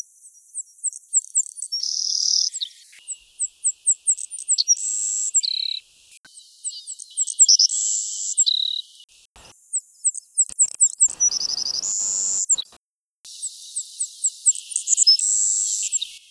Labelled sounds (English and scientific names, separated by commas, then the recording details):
Savannah Sparrow (Passerculus sandwichensis) song
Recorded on Kent Island, New Brunswick, in 2003